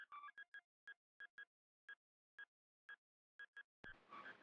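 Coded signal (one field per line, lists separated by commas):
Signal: none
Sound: radio net courtesy beeps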